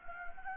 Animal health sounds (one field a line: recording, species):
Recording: mosquito wingbeat signal from an infrared sensor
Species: Anopheles gambiae